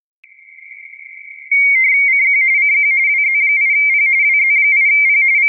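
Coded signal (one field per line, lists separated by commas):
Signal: RTTY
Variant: 45.45 baud, 170 Hz shift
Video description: A small snapshot of my screen, with N1MM + MMTTY + GRITTY during my QRP operation at the 2023 edition of CQWW RTTY. Did not remember the band at the recording moment. May be 10m (5W + Moxon).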